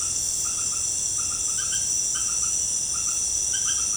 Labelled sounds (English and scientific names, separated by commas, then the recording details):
none
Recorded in pastures near Puerto Asís, Putumayo, Colombia, on 23 June 2025 at 18:30
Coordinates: 0.496, -76.326
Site GP01